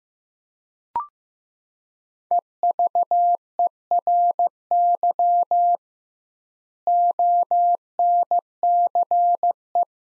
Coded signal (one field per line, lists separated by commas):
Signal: Morse code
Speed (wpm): 15 wpm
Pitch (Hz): 700 Hz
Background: none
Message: EVERY ONCE